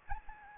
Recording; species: mosquito wingbeat signal from an infrared sensor; Anopheles gambiae